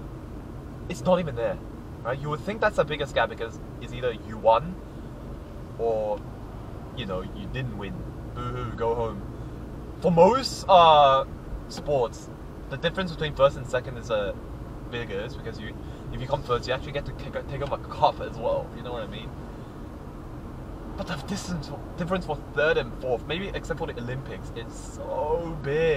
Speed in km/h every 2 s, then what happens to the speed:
41, 41, 39, 39, 41, 43, 41, 41, 44, 46, 45, 45, 46.
0-26 steady at about 41.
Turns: none.